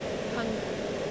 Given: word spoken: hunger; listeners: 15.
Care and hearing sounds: one English word in noise, from a listening test; speech-shaped noise; -5.6 dB; 5 of 15; 9 of 15; 0.71 s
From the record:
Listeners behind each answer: 9, 5, 1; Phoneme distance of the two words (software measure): 17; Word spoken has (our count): 2 syllables, 5 phonemes, stress on syllable 1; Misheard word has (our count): 2 syllables, 6 phonemes, stress on syllable 1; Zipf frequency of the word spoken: 3.77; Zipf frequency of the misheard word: 4.55

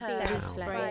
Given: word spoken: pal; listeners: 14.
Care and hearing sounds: one English word in noise, from a listening test; four-talker babble; -2.2 dB; 1 of 14; 9 of 14; 0.51 s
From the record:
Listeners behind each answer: 9, 3, 1, 1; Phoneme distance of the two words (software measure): 27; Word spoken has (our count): 1 syllable, 3 phonemes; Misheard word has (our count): 1 syllable, 4 phonemes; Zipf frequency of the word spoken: 4.05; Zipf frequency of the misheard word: 4.51

